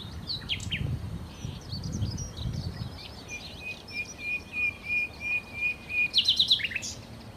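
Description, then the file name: Common nightingale song: varied chattering notes, then a series of pure whistles swelling louder, ending in a rapid burst of clicking notes. "Nachtigall"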